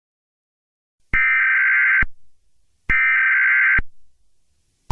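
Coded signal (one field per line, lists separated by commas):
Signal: Emergency Alert System (SAME) tones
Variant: header bursts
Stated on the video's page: Mock EAS alert about war on the United States, not a real alert.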